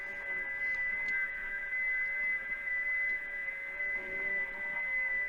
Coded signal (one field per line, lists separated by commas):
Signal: FT8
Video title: VE3IHR FT8 Overview for Beginners